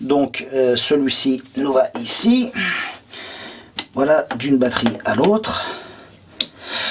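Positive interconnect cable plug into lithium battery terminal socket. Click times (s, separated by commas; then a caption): 6.4 s. Someone talks while pushing the plug of the red positive interconnect cable into the terminal socket of a second lithium battery on a U-power UE-48LI2500I solar system. A sharp click is heard at 6.4 s as the plug seats into the socket.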